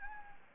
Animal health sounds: mosquito wingbeat signal from an infrared sensor; Anopheles gambiae

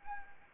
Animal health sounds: mosquito wingbeat signal from an infrared sensor; Anopheles arabiensis

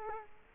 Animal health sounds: mosquito wingbeat signal from an infrared sensor; Culex quinquefasciatus

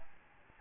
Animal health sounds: mosquito wingbeat signal from an infrared sensor; Aedes albopictus

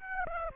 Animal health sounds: mosquito wingbeat signal from an infrared sensor; Aedes aegypti

